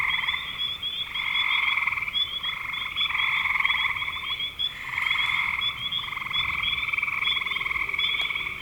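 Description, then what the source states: Many frogs trilling together, buzzy pulsed calls in repeated bursts roughly every second or two, and a faint high continuous whine behind. Recorded in spring 2025.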